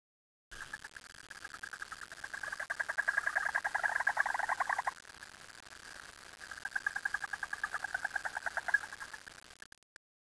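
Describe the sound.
Frog calling in rapid pulsed, rattling trills, in two louder bouts with a short, quieter stretch between them.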